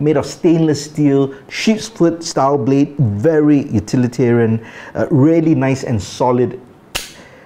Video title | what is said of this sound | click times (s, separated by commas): 5 Urban EDC Two-Tool Combos | blade you can hear that snap and then we have this over here very aggressive can opener | 7.0 s